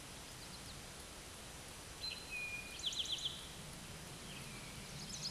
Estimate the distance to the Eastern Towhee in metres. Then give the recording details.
about 35 m. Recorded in a Pennsylvania forest on 17 May 2023 at 13:23. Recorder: AudioMoth, point grid1_31_low. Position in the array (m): 111 m, 105 m